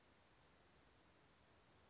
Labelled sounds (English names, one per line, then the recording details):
California Towhee
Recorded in Sonoma County, California